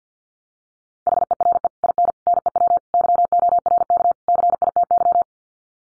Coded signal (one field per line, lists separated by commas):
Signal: Morse code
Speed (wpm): 50 wpm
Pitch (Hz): 700 Hz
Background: none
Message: HERE IN NEW YORK CITY